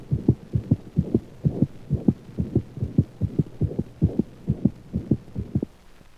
The anemic murmur is loudest at the mitral position and, unlike that of mitral insufficiency, rarely radiates to other portions of the thorax.